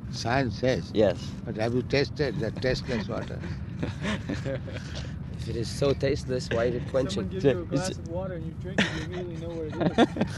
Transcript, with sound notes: Science says.
Yes.
But have you tasted that tasteless water? [laughter]
If it is so tasteless, why is it quenching?
If someone gives you a glass of water and you drink it, you immediately know what it